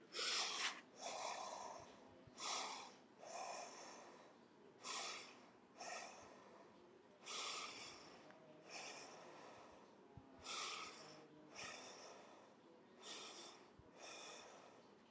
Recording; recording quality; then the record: deep breathing; excellent, no background noise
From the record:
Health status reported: healthy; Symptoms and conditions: none ticked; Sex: female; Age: 43 years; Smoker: not ticked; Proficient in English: yes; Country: India